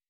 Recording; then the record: hydrophone in a shrimp aquaculture tank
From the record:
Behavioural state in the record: weakened